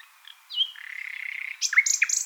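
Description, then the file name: Short nightingale phrase: a slurred whistle leading into a steady pulsing buzzy note, then a few sharp high chirps. "Luscinia megarhynchos"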